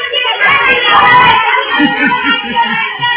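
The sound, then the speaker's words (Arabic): A lively mix of boys' and girls' voices happily chattering, laughing and calling out together, with a few rising, sing-song shouts standing out over a steady, slightly muffled background hubbub. “يا سلام شوف العيال فرحانة إزاي.”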